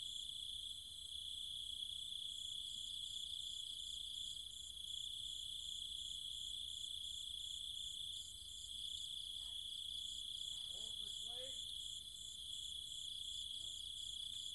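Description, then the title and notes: Cicadas keep up a high continuous whine with steady fast pulsing, and a few brief faint sweeping calls come near the eleventh second. Night chorus of cicadas and other insects in trees and fields in the countryside around Chiang Mai, Thailand. "Cicada countryside, Thailand. Nighttime sounds of the cicadas and insects in the trees and fields, Chiang Mai, Thailand. Recorded by Alex Boyesen"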